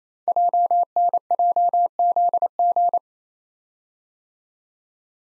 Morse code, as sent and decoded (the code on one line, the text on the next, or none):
.--- -. .--- --.. --.
JNJZG